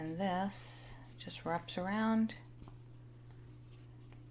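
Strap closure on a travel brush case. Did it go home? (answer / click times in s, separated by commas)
no / none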